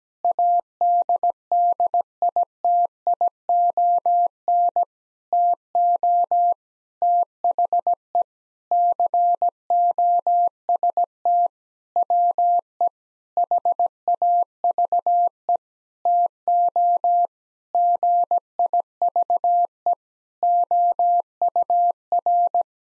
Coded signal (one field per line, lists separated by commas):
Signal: Morse code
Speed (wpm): 17 wpm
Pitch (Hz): 700 Hz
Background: none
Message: ADDITION TO THE COST WE HAVE TO GIVE OUR